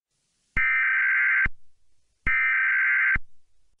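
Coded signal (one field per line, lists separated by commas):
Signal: Emergency Alert System (SAME) tones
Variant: header bursts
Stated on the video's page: Fictional EAS scenario.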